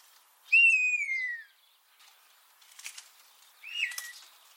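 Eurasian starling gives a long, clear descending whistle, followed after a pause by soft rustling and a short whistled note.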